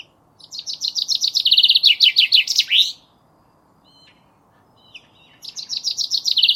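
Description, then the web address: Common chaffinch delivering a full cascading trill ending in a flourish, a few soft short notes in the pause, then the next song phrase beginning. "Deverinetal"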